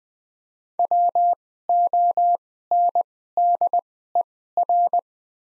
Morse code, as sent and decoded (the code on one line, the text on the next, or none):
.-- --- -. -.. . .-.
WONDER